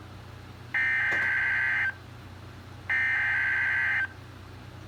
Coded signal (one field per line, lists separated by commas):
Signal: Emergency Alert System (SAME) tones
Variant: header bursts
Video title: EAS 47 SVR